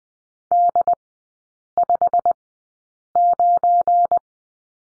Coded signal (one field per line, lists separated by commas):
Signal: Morse code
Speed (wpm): 19 wpm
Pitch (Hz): 700 Hz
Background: none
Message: D59